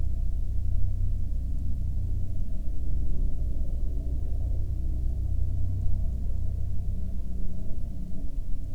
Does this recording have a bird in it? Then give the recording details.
no. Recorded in the Prudhoe Bay oil fields, Alaska, on 22 May 2019 at 16:04. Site 13